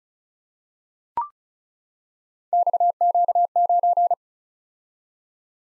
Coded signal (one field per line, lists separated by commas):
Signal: Morse code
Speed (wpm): 36 wpm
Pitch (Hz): 700 Hz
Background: none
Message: XQ9